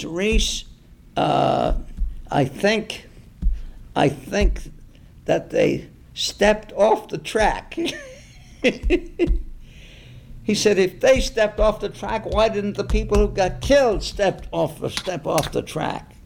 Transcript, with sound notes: Reese, I think, I think that they stepped off the track.” [laughs] He said, “If they stepped off the track, why didn’t the people who got killed step off the track?”